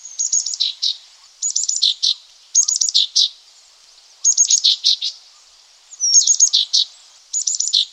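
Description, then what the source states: Green-backed tit calling in quick bursts of high, thin ticking notes followed by a few lower buzzy chirps, each phrase about a second long, repeated roughly every one to two seconds. Local name gelatik batu.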